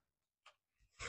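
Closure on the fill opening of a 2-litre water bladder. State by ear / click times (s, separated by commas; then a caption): seated / 0.5 s. The fill-opening closure of a 2-litre plastic water bladder from a hydration bag is pressed shut, and a short, sharp click at 0.4 seconds shows it locking in place. Faint rubbing and handling noises follow and rise in level toward the end of the clip.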